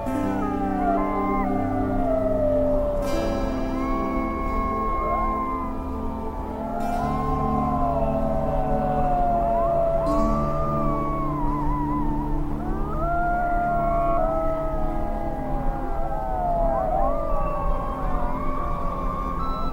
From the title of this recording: Sound Of The Wolves